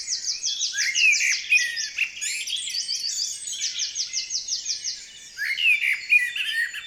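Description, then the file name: Common blackbird calls in repeated bursts of rapid, sharp notes, pausing briefly between bursts. "Turdus merula"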